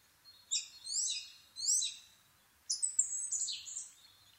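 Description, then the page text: Asian brown flycatcher song: two upward-sweeping high whistled notes, then a fast, jumbled run of squeaky twitters. Nikko, Japan, 26 April 2011 at 4:39, altitude 730 m; Sony PCM-D50 recorder with Panasonic WM-61A microphone. "kosamebitaki 20110426-0439. Muscicapa dauurica [Sounds -Nikko Today-]. 4/ 26 2011, 4:39. alt=730m"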